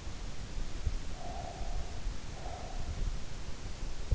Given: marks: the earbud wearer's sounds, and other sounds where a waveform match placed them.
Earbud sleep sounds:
sounds in sleep by an in-ear microphone; breath
0.93-3.26 s: breath

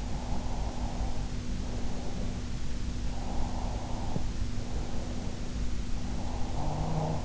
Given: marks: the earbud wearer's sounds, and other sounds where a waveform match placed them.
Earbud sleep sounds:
sounds in sleep by an in-ear microphone; breath
0.13-2.52 s: breath
3.02-5.46 s: breath
5.96-7.25 s: breath

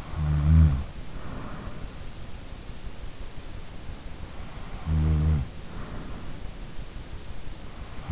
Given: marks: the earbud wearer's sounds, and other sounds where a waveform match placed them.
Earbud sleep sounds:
sounds in sleep by an in-ear microphone; snoring breath
0.00-1.73 s: snoring breath
4.84-6.43 s: snoring breath

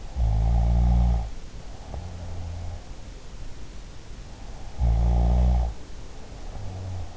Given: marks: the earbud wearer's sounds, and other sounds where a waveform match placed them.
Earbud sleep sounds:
sounds in sleep by an in-ear microphone; snoring breath
0.00-2.71 s: snoring breath
4.62-7.14 s: snoring breath

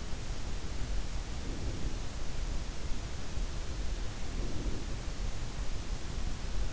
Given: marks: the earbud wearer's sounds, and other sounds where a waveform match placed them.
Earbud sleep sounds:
sounds in sleep by an in-ear microphone; breath
1.21-2.40 s: breath
3.99-5.10 s: breath

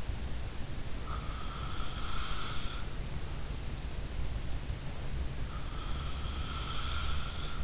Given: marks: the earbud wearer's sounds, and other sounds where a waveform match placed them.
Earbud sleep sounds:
sounds in sleep by an in-ear microphone; snoring breath
0.96-2.88 s: snoring breath
5.49-7.64 s: snoring breath

